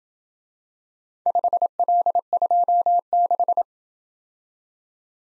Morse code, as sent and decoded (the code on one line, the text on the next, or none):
..... .-.. ..--- -....
5L26